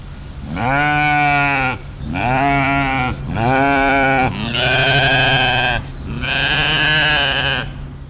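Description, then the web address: Mouflon bleating: five long, harmonic, slightly wavering bleats of about a second or more each, following one another with only brief pauses. Female mouflon. "karlammann. Tierstimmen Mufflon weibchen"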